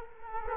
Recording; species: mosquito wingbeat signal from an infrared sensor; Culex quinquefasciatus